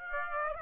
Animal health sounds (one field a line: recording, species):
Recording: mosquito wingbeat signal from an infrared sensor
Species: Aedes aegypti